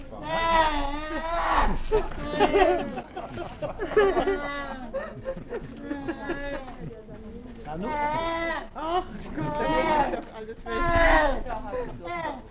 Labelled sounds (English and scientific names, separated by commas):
Brown Bear (Ursus arctos) call